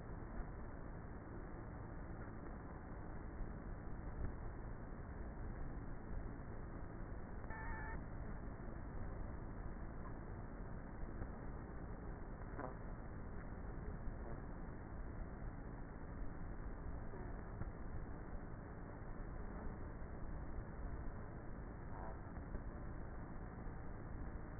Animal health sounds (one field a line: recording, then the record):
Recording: honeybee colony, microphone inside the hive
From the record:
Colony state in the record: queenless with a low population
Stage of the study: before two queens were removed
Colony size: about 30,000 bees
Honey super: no